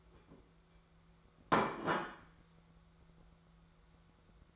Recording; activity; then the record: daily activity, microphone in the room; place plate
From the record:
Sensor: 3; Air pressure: 1015.1 hPa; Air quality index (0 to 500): 208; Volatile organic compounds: 34 ppm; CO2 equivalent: 3035 ppm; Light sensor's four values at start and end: 14/32/13/14 and 13/31/13/13